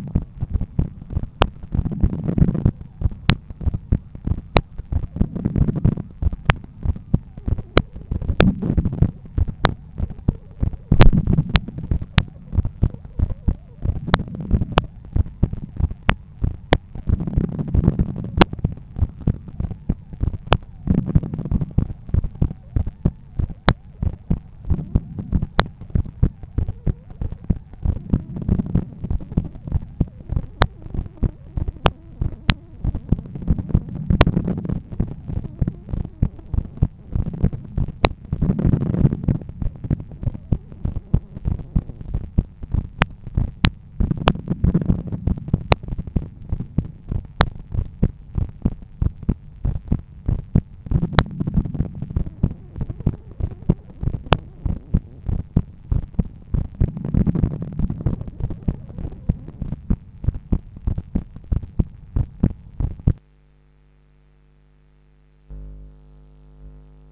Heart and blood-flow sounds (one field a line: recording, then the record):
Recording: heart sounds by stethoscope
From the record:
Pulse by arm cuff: 101 bpm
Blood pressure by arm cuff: 146/90 mmHg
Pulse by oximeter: 97 bpm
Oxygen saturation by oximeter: 97%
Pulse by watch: 96 bpm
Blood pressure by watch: 130/85 mmHg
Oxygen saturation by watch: 95%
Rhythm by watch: sinus rhythm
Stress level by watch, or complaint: medium stress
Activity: after 5 min smoking and 1 beer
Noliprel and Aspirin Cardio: no pills today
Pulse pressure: 56 mmHg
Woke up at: 7:30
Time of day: 17:02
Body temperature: 36.4 C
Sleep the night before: 9 h 22 min, score 68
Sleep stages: REM 22%, light 66%, deep 4%, awake 8%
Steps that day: 11800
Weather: sunny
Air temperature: 21 C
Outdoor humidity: 67%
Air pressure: 1015 hPa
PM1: 4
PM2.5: 6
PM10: 8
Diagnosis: hypertension, treated with Noliprel and Aspirin Cardio 100 mg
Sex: male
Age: 53 years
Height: 174 cm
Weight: 81 kg